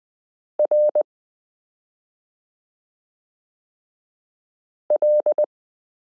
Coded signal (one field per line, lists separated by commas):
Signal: Morse code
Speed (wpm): 20 wpm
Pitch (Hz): 600 Hz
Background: none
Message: RL